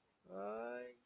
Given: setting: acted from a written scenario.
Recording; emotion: vocal sound without words; fear